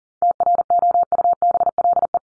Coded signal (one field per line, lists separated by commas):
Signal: Morse code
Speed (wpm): 40 wpm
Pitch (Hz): 700 Hz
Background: none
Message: TROUBLE